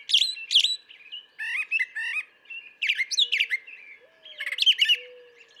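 Brown thrasher delivering rapid doubled phrases of squeaky, chattering notes, with soft low whistles gliding beneath near the end.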